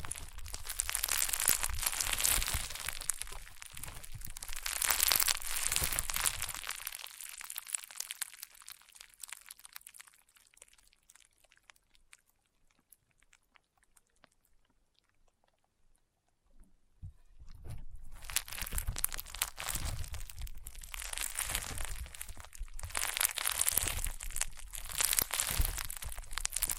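Crunchy, popping slime is squeezed in dense bursts of crackling and snapping for the first seven seconds and again from about seventeen seconds to the end. In between, the sound drops to a near-silent stretch with only faint scattered clicks.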